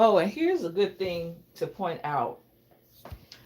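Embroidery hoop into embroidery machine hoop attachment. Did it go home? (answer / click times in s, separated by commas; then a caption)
partly / 3.3 s. A fabric embroidery hoop is slid into an embroidery machine's hoop attachment while someone talks, followed by a soft bump near 3.1 s and a sharp click at 3.3 s. The hoop clicks but is not fully seated in the attachment, even though the click makes it seem secure.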